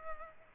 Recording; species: mosquito wingbeat signal from an infrared sensor; Culex pipiens